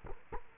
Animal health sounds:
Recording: mosquito wingbeat signal from an infrared sensor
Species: Culex quinquefasciatus

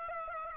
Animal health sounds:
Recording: mosquito wingbeat signal from an infrared sensor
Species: Aedes aegypti

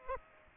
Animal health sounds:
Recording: mosquito wingbeat signal from an infrared sensor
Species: Aedes aegypti

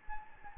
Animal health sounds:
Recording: mosquito wingbeat signal from an infrared sensor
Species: Anopheles gambiae

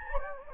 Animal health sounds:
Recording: mosquito wingbeat signal from an infrared sensor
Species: Anopheles gambiae

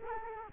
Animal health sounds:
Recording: mosquito wingbeat signal from an infrared sensor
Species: Culex quinquefasciatus

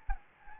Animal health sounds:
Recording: mosquito wingbeat signal from an infrared sensor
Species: Anopheles gambiae

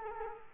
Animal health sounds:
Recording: mosquito wingbeat signal from an infrared sensor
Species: Culex quinquefasciatus

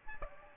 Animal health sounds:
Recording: mosquito wingbeat signal from an infrared sensor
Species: Aedes aegypti

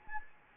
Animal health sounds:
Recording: mosquito wingbeat signal from an infrared sensor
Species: Anopheles gambiae

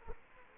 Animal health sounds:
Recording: mosquito wingbeat signal from an infrared sensor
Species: Culex quinquefasciatus

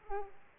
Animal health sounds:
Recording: mosquito wingbeat signal from an infrared sensor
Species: Aedes aegypti

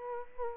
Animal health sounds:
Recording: mosquito wingbeat signal from an infrared sensor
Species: Culex quinquefasciatus

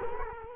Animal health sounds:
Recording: mosquito wingbeat signal from an infrared sensor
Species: Culex quinquefasciatus

